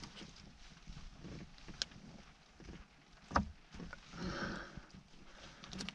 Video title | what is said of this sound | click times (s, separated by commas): New Ignition Lock Cylinder (Tumbler) Installation + 3 New Keys Mercedes 190 W201 W126 W124 R129 W140 | There you go, looks like it clicked in. Did it? Maybe. Let's see. Maybe not all the way. | 1.8 s, 3.4 s